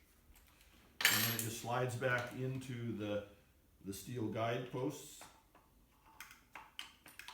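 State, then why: Seated. After a cutter change, someone talks while the motor and cutter assembly of a Festool Domino joiner slides back onto the steel guide posts of its base. A few light clicks and scrapes follow, and the unit snaps into place with a sharp click at 6.8 s, seated.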